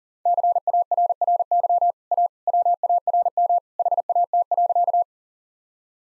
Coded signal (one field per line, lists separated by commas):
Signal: Morse code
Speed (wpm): 37 wpm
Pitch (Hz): 700 Hz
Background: none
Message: CARRY A WARM HAT.